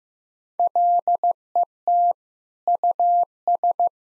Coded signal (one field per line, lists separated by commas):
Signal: Morse code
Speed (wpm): 15 wpm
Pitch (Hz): 700 Hz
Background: none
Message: LET US